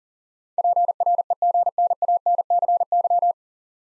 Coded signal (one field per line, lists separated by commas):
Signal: Morse code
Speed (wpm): 43 wpm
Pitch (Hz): 700 Hz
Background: none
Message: PREGNANCY